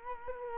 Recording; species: mosquito wingbeat signal from an infrared sensor; Culex quinquefasciatus